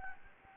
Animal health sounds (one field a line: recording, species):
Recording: mosquito wingbeat signal from an infrared sensor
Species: Anopheles gambiae